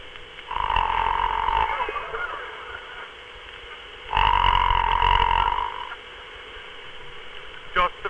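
An adult imitates an ordinary snore, the common or 'Pullman car' form, as a comic demonstration: two drawn-out, buzzing snores about three and a half seconds apart, each lasting over a second, with a steady nasal tone over a low rumble. Snores are produced by two movements of the breath.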